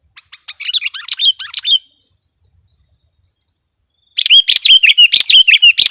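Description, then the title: Sooty-headed bulbul song: quick bubbly chirping phrases, a pause of a couple of seconds, then a run of rapid, gurgling notes. "kutilang"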